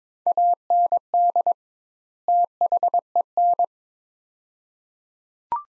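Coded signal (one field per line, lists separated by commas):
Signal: Morse code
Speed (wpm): 22 wpm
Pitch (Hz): 700 Hz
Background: none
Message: AND THEN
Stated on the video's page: Morse practice drill of two-word sets at 22 wpm with 2x word spacing, a Farnsworth-like method, each set followed by speech.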